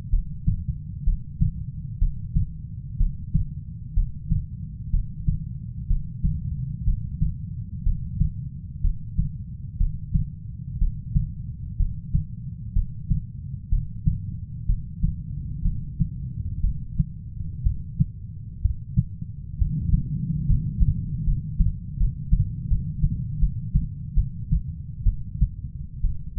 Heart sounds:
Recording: heart sounds by stethoscope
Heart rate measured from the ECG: 65 bpm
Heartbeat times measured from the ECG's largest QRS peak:
0.10 s: heartbeat
1.04 s: heartbeat
1.98 s: heartbeat
2.97 s: heartbeat
3.94 s: heartbeat
4.91 s: heartbeat
5.87 s: heartbeat
6.84 s: heartbeat
7.83 s: heartbeat
8.81 s: heartbeat
9.77 s: heartbeat
10.78 s: heartbeat
11.77 s: heartbeat
12.73 s: heartbeat
13.69 s: heartbeat
14.66 s: heartbeat
15.62 s: heartbeat
16.61 s: heartbeat
17.63 s: heartbeat
18.61 s: heartbeat
19.58 s: heartbeat
20.46 s: heartbeat
21.24 s: heartbeat
21.97 s: heartbeat
22.68 s: heartbeat
23.39 s: heartbeat
24.14 s: heartbeat
25.03 s: heartbeat
26.01 s: heartbeat
From the record:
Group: healthy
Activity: breath hold 0-14 s, rest 14-26 s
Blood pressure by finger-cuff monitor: 131/61 mmHg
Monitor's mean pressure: 82 mmHg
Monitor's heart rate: 62 bpm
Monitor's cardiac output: 6.1 L/min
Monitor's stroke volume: 99 mL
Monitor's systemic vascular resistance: 970 dyn s/cm5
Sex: female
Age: 37 years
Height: 168 cm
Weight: 70 kg

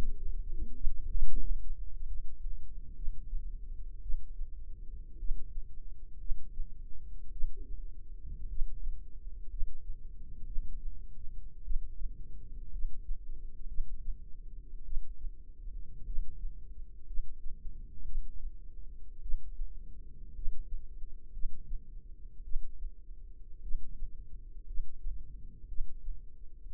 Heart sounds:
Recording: heart sounds by microphone in the left ear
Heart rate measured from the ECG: 56 bpm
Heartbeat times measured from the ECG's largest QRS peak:
1.09 s: heartbeat
2.06 s: heartbeat
2.95 s: heartbeat
4.01 s: heartbeat
5.18 s: heartbeat
6.18 s: heartbeat
7.31 s: heartbeat
8.48 s: heartbeat
9.49 s: heartbeat
10.45 s: heartbeat
11.63 s: heartbeat
12.71 s: heartbeat
13.67 s: heartbeat
14.84 s: heartbeat
16.05 s: heartbeat
17.06 s: heartbeat
18.04 s: heartbeat
19.21 s: heartbeat
20.34 s: heartbeat
21.32 s: heartbeat
22.43 s: heartbeat
23.61 s: heartbeat
24.66 s: heartbeat
25.67 s: heartbeat
From the record:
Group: healthy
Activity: rest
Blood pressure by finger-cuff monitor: 92/61 mmHg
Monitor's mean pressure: 71 mmHg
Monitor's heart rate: 54 bpm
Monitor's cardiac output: 4.3 L/min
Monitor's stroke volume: 77 mL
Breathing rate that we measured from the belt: 16 breaths a minute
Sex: female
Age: 36 years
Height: 163 cm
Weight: 88 kg

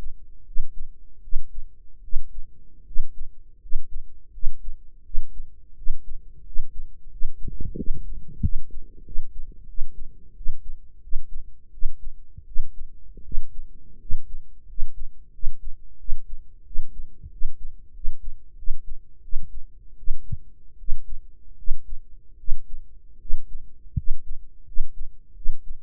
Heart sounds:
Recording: heart sounds by microphone in the right ear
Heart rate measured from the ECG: 84 bpm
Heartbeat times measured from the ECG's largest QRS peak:
0.42 s: heartbeat
1.19 s: heartbeat
1.99 s: heartbeat
2.82 s: heartbeat
3.57 s: heartbeat
4.29 s: heartbeat
5.00 s: heartbeat
5.72 s: heartbeat
6.41 s: heartbeat
7.07 s: heartbeat
7.73 s: heartbeat
8.39 s: heartbeat
9.01 s: heartbeat
9.64 s: heartbeat
10.32 s: heartbeat
10.98 s: heartbeat
11.69 s: heartbeat
12.43 s: heartbeat
13.20 s: heartbeat
13.96 s: heartbeat
14.64 s: heartbeat
15.29 s: heartbeat
15.95 s: heartbeat
16.62 s: heartbeat
17.27 s: heartbeat
17.90 s: heartbeat
18.54 s: heartbeat
19.19 s: heartbeat
19.94 s: heartbeat
20.75 s: heartbeat
21.54 s: heartbeat
22.35 s: heartbeat
23.16 s: heartbeat
23.92 s: heartbeat
24.62 s: heartbeat
25.32 s: heartbeat
From the record:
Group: healthy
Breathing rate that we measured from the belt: 18 breaths a minute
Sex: female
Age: 23 years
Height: 160 cm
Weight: 50.4 kg

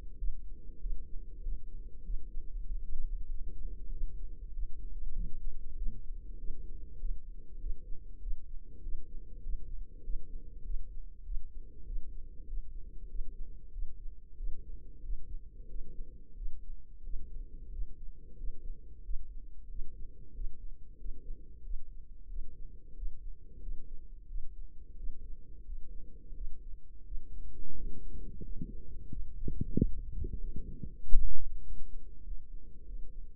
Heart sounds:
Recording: heart sounds by microphone in the right ear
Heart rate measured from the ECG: 94 bpm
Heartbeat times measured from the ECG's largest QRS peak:
0.17 s: heartbeat
0.79 s: heartbeat
1.41 s: heartbeat
2.03 s: heartbeat
2.65 s: heartbeat
3.28 s: heartbeat
3.90 s: heartbeat
4.52 s: heartbeat
5.13 s: heartbeat
5.75 s: heartbeat
6.37 s: heartbeat
6.98 s: heartbeat
7.59 s: heartbeat
8.20 s: heartbeat
8.81 s: heartbeat
9.41 s: heartbeat
10.02 s: heartbeat
10.63 s: heartbeat
11.23 s: heartbeat
11.84 s: heartbeat
12.46 s: heartbeat
13.07 s: heartbeat
13.70 s: heartbeat
14.35 s: heartbeat
15.01 s: heartbeat
15.67 s: heartbeat
16.34 s: heartbeat
17.02 s: heartbeat
17.69 s: heartbeat
18.36 s: heartbeat
19.02 s: heartbeat
19.67 s: heartbeat
20.32 s: heartbeat
20.97 s: heartbeat
21.62 s: heartbeat
22.27 s: heartbeat
22.94 s: heartbeat
23.59 s: heartbeat
24.26 s: heartbeat
24.95 s: heartbeat
25.63 s: heartbeat
26.33 s: heartbeat
27.03 s: heartbeat
27.73 s: heartbeat
28.40 s: heartbeat
29.07 s: heartbeat
29.72 s: heartbeat
30.37 s: heartbeat
30.99 s: heartbeat
31.60 s: heartbeat
32.22 s: heartbeat
32.83 s: heartbeat
From the record:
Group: healthy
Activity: rest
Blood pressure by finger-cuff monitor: 137/76 mmHg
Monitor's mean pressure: 97 mmHg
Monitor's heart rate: 94 bpm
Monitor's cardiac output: 8.6 L/min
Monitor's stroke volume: 93 mL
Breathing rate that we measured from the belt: 22 breaths a minute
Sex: female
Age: 32 years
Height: 172 cm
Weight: 71.7 kg

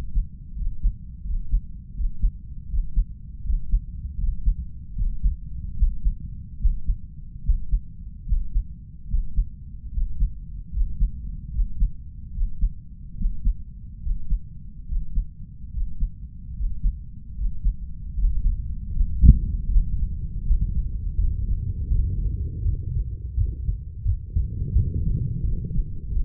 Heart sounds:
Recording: heart sounds by stethoscope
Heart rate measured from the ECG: 78 bpm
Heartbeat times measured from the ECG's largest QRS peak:
0.55 s: heartbeat
1.24 s: heartbeat
1.94 s: heartbeat
2.67 s: heartbeat
3.43 s: heartbeat
4.17 s: heartbeat
4.95 s: heartbeat
5.76 s: heartbeat
6.58 s: heartbeat
7.43 s: heartbeat
8.25 s: heartbeat
9.07 s: heartbeat
9.91 s: heartbeat
10.71 s: heartbeat
11.51 s: heartbeat
12.31 s: heartbeat
13.15 s: heartbeat
14.00 s: heartbeat
14.86 s: heartbeat
15.71 s: heartbeat
16.54 s: heartbeat
17.35 s: heartbeat
18.14 s: heartbeat
18.91 s: heartbeat
19.68 s: heartbeat
20.43 s: heartbeat
21.15 s: heartbeat
21.88 s: heartbeat
22.62 s: heartbeat
23.35 s: heartbeat
24.03 s: heartbeat
24.73 s: heartbeat
25.42 s: heartbeat
26.09 s: heartbeat
From the record:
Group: healthy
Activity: breath hold 0-19 s, rest 19-26 s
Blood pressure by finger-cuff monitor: 127/58 mmHg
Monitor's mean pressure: 79 mmHg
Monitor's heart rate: 76 bpm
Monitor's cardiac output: 7.7 L/min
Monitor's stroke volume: 102 mL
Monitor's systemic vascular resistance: 710 dyn s/cm5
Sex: female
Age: 32 years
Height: 168 cm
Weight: 61.9 kg

